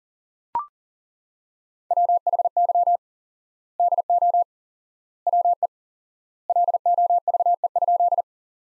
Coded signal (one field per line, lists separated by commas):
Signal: Morse code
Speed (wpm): 40 wpm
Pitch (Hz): 700 Hz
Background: none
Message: WHY DO WE LOVE?